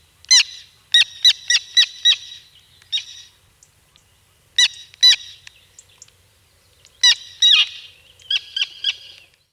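Bird giving loud, harsh calls singly and in quick bursts, separated by short pauses, with soft scratchy twittering between bursts.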